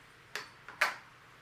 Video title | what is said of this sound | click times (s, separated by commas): 🌱 Simple Seed Starting Grow Rack Setup and Growing Plants Indoors + Some Beneficial Upgrade Items | locks in place really good so I'd highly recommend that | 0.4 s, 0.8 s